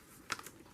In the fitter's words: those are gluten free and that goes over there and you hear it snap in place because it has the magnet